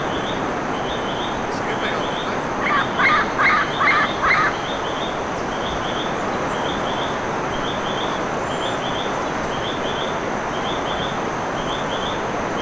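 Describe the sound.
Bird calls in a short burst of four harsh honks early on, with faint high chirps repeating throughout over steady hiss.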